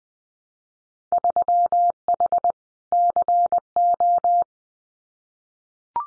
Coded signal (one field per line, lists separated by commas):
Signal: Morse code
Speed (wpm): 20 wpm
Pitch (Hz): 700 Hz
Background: none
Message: 3H CO